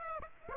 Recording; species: mosquito wingbeat signal from an infrared sensor; Aedes aegypti